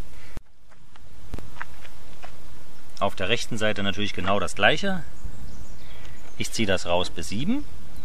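Someone talks while pulling the right-hand extension arm of a Flex Fix pull-out rear bike carrier on an Astra J 5T out toward the marked position seven on the carrier frame. Brief sharp handling ticks come early in the clip, and nothing has seated or clicked into its detent yet.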